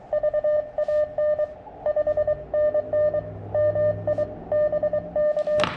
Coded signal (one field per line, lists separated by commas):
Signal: Morse code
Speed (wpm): 22 wpm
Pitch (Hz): 590 Hz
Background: none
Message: VAN 5NN MI BK